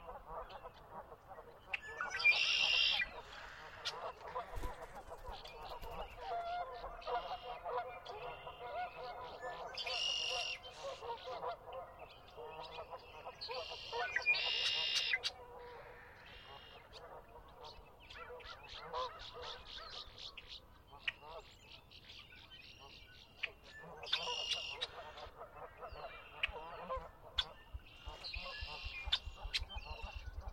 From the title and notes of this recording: Conner's Lake, chilly Spring dawn. Sinlahekin Wildlife Area. The temperature was chilly, barely above freezing, but the birds were abundant.